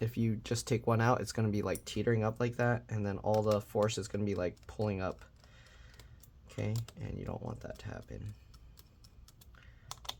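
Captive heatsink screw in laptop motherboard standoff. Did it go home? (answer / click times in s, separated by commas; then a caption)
released / 9.9 s, 10.1 s. Someone talks, then a spring-loaded captive screw on the heatsink of an Acer Predator Helios 300 N22C3 laptop is unscrewed from its metal standoff mount on the motherboard, with faint ticks as it turns. It clicks free at 9.9 s and 10.1 s, once it is all the way out.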